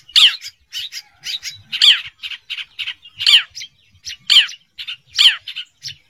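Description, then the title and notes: Long-tailed shrike song: loud, harsh rasping bursts, more than a dozen in six seconds, several carrying a downward-sweeping squeal. "Kicau Burung Cendet"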